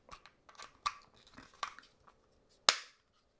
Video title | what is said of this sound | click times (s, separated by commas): 3 Astuces SIMPLES pour faire des belles images en PLONGEE ou en SNORKELING | voilà c'est enclenché | 2.7 s